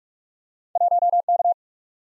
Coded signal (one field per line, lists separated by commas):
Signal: Morse code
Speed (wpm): 44 wpm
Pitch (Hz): 700 Hz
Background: none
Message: 1K